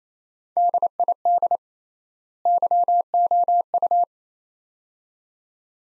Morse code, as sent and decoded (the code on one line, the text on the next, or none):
-.. .. -.. / -.-- --- ..-
DID YOU